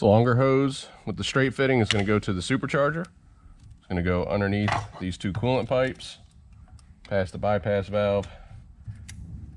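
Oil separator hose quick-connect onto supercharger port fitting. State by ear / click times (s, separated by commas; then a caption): seated / 9.1 s. Someone talks while the longer hose with the straight fitting of a J&L Oil Separator Co. 3097P oil separator on a 2023-2025 Ford F-150 Raptor R is routed underneath two coolant pipes, past the bypass valve, to the supercharger. The hose's quick-connect is pushed onto the supercharger's plastic port fitting and clicks into place at 9.1 s, seating the connection.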